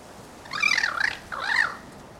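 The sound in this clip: Bird calls: two nasal, harmonic notes that rise and fall in an arch, the second shorter, over quiet background.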